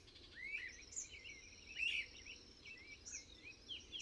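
Bird song, brief high chirping phrases repeated several times over a steady hiss.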